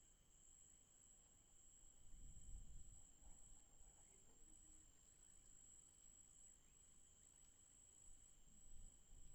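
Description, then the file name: Cicadas droning: a steady, thin, very high whine holds without break, with a fainter lower tone and soft low rumbling underneath. Night ambience with cicadas in the forest. "Ambiente noite com cigarras na mata"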